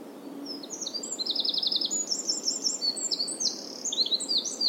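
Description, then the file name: Eurasian wren song: a few high notes, then a sharp rattling trill leading into a fast stream of high, twittering phrases and trills that continues to the end. "Troglodytes troglodytes"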